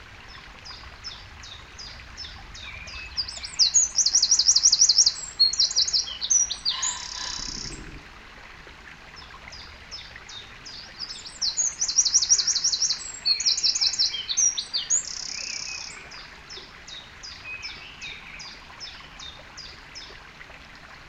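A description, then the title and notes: Lively spring birdsong rings out over a steady trickling stream, with one bird repeating a bright, rapid trilling phrase twice, around four to eight seconds and again near eleven to sixteen seconds. Softer chirps fill the gaps while the water murmurs low and constant underneath. Sat on a fallen branch, beside a flowing stream. Up in the hills of mid Wales. The rilling stream, and the spring birdsong.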